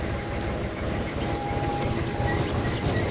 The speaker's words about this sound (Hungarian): Siváltodik a traktor.